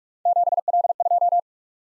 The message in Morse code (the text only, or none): 7L2